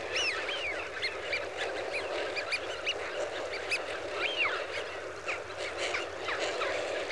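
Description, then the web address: Eurasian wigeon flock, a dense stream of short whistles and chatter from many birds, with a few clearer drawn-out whistles standing out. "BBC Sound Effects Library. Wigeon (Anas Penelope) Flock"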